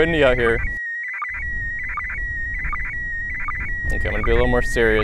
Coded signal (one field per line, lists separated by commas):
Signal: SSTV (slow-scan television)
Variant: PD 180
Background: speech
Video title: Rare MAI-75 USA ISS SSTV Reception - April 2016 Video #3